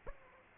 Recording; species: mosquito wingbeat signal from an infrared sensor; Aedes aegypti